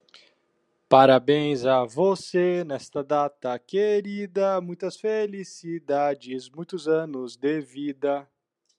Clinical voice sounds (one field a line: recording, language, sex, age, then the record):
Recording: short text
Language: Brazilian Portuguese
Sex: male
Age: 30 to 39 years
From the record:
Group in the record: control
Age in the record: 34 years